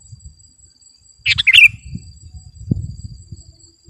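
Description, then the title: Sooty-headed bulbul giving one short, bubbly, fluty phrase of a few quick notes, over a low rumble and a faint, steady, high insect-like whine. "kutilang"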